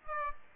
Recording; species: mosquito wingbeat signal from an infrared sensor; Aedes aegypti